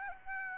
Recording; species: mosquito wingbeat signal from an infrared sensor; Aedes aegypti